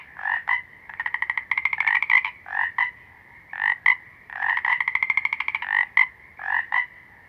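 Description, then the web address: Frog croaking in quick pulsed rattles, bursts of rapid clicks alternating with short double croaks at a steady mid pitch. Small green frogs. "Sounds of Nature Collection 51 Small Green Froggies"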